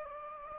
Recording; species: mosquito wingbeat signal from an infrared sensor; Anopheles gambiae